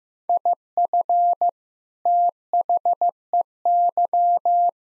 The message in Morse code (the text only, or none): IF THEY